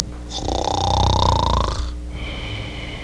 Snore.